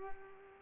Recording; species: mosquito wingbeat signal from an infrared sensor; Culex pipiens